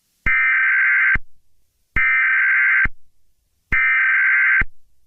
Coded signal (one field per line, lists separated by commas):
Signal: Emergency Alert System (SAME) tones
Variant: header bursts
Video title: EAS scenario: Virus